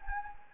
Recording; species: mosquito wingbeat signal from an infrared sensor; Anopheles gambiae